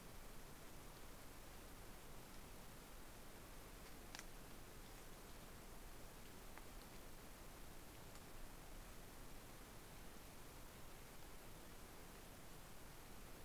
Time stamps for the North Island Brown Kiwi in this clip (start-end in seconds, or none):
none